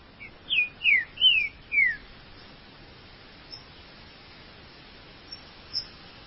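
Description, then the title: Green-winged saltator song: four loud, slurred whistled notes delivered in a quick phrase at the start, then near quiet with a few faint chirps. "Trinca Ferro"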